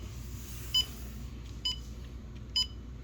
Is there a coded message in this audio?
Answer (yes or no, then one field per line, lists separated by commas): no